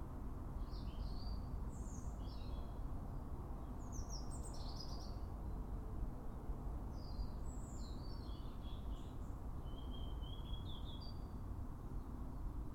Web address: pub SETE data Erithacus rubecula